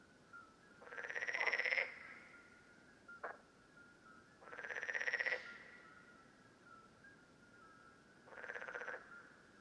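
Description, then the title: Common parsley frog calls, three fast pulsed rattling croaks about one second long at roughly four-second intervals, with a faint steady hum between them. Several frogs calling at Lerouville, Lorraine, France, on 5 June 2022. "Parsley-Frogs-Lerouville-Lorraine-France-05 06 2022"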